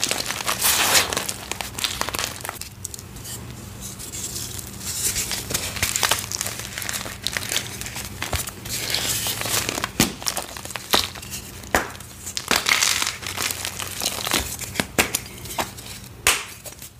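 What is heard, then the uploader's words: Chunky, paste-covered gym chalk blocks being crushed, giving a dense run of crinkly, crumbly crunches. Louder bursts stand out near the start and around 6, 10, 12 and 15 seconds, with quieter grainy crackling between them and a faint steady low hum underneath. Purple Pasted Blocks (chunky pasted dyed gym chalk crush). Crushing crunchy gym chalk blocks covered in thick and chunky paste.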